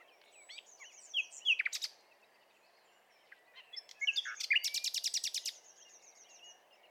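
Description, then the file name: Common nightingale song, somewhat faint: a few varied notes, then a fast, loud burst of sharp clicking pulses after a short pause. "Luscinia megarhynchos"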